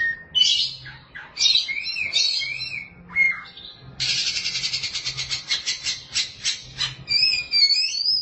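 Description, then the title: Oriental magpie-robin song: whistled and slurred notes, then a long fast buzzy trill of repeated notes, ending in rippling whistles. Chirping song (kicauan) of the bird. "Suara Kicauan Burung Kacer Durasi Panjang"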